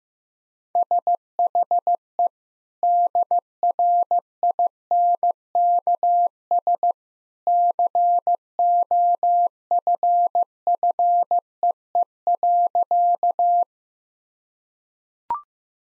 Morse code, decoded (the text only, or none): SHE DRINKS COFFEE.